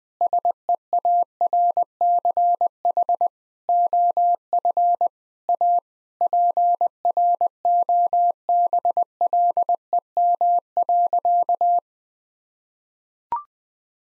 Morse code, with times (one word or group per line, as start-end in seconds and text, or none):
0.2-3.3 SEARCH
3.7-5.1 OF
5.5-5.8 A
6.2-11.8 PROBLEM.